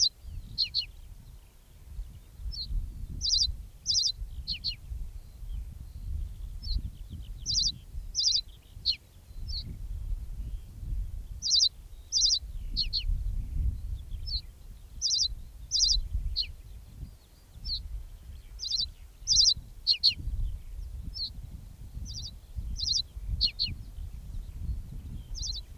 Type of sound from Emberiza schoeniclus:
song